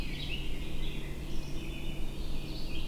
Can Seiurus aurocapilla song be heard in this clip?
no